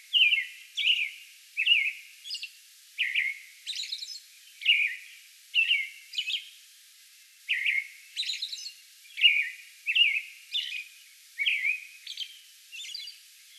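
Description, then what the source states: American robin in a sustained song bout: many warbled phrases in quick series, low caroled whistles interleaved with high thin notes. Song bout recorded May 11.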